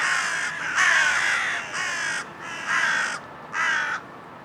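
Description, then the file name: Carrion crow giving harsh, hoarse caws, five separate calls spaced a little under a second apart, each flat and raspy. "Corvus corone"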